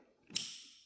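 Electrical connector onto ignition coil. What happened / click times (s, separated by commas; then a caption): The electrical connector clicked into place / 0.4 s. A plastic electrical connector is pushed onto an ignition coil on the engine of a 2002 Toyota RAV4 / Camry. After a faint tap, a sharp click sounds at 0.4 s and trails off in a bright, high-pitched ring. The connector is seated.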